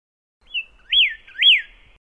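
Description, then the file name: Pyrrhuloxia giving a short high note, then two strong whistled slurs that climb and fall, spaced about half a second apart. Song (kicauan). "suara kicauan burung pyrrhuloxia. omkicau"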